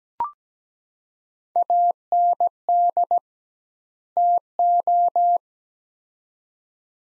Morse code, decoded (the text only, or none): AND TO